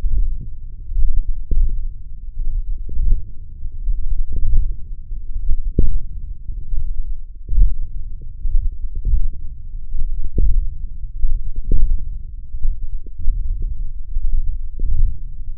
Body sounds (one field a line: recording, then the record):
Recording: forearm muscle sounds (acoustic myography)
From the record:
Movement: wrist extension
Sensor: system 1, eight BSWA MPA416 microphones around the upper forearm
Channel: 6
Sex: male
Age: 21 years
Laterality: right